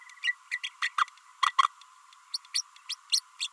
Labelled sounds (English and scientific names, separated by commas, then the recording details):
Green-rumped Parrotlet (Forpus passerinus) babbling
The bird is a female
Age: 30 days
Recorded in a nest box in Venezuela
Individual 17B32A5